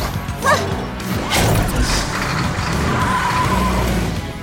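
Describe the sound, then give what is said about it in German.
A recycling truck's engine rumbles steadily and roars away, with a whooshing rush and some metallic clatter over the low growl, holding loud for several seconds with no talking. “war schon auf der Rutsche und sauste hinunter zu seinem Recycling-LKW.”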